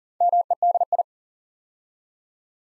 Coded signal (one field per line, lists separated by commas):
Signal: Morse code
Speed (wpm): 38 wpm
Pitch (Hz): 700 Hz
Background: none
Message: MEDI